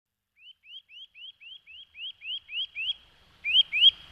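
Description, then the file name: Eurasian nuthatch producing a series of rising whistled notes, soft at first and growing louder, about twelve notes, the last two strongest. "csuszka"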